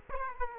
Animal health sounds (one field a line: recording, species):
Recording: mosquito wingbeat signal from an infrared sensor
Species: Aedes aegypti